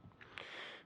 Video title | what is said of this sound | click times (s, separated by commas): How to Change a Watch Battery Breitling Aerospace | gently twist it until you hear a pop | 0.4 s